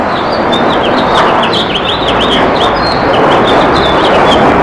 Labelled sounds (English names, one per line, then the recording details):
House Finch song
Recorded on Long Island, New York, on 15 June 2012
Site WI
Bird A